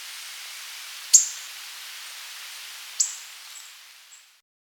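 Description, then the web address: Gray-hooded Bush-Tanager uttering two high, piercing single call notes about two seconds apart over background hiss. Ecuador. "Natures Songs S America Birds of Ecuador Gray-Hooded Bush-Tanager"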